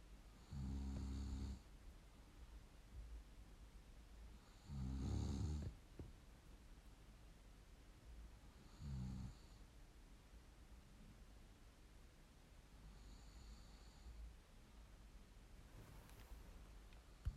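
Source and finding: Adult sleeper. Snoring.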